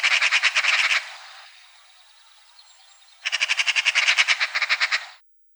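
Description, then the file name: Eurasian magpie giving two bursts of fast, harsh rattling chatter separated by a short lull. "Soroka"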